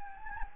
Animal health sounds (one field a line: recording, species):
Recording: mosquito wingbeat signal from an infrared sensor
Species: Anopheles gambiae